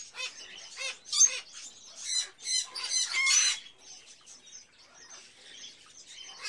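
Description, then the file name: Birds chirping and rasping in quick bursts, busy at first, then thinning to softer twitters and scattered high notes. Various birds in a pet shop, ambience. "Sound Ideas 2000 Series - Birds, Various Birds In A Pet Shop, Ambience"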